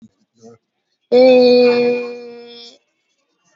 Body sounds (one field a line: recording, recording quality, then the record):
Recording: sustained vowel as in made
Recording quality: excellent, no background noise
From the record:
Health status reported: healthy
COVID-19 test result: negative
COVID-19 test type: RT-PCR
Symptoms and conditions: cough, cold, fever, hypertension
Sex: female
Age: 30 years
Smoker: no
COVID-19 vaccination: both doses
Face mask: worn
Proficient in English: yes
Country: India